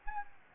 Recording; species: mosquito wingbeat signal from an infrared sensor; Anopheles gambiae